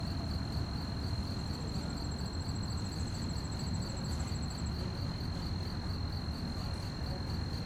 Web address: GDC 2017-Game Audio Bundle Articulated Sounds - Quiet Streets QUIET STREET Night fast chirp crickets, distant activities, slight wind